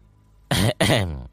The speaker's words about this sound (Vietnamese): Tôi … ho khan vài tiếng.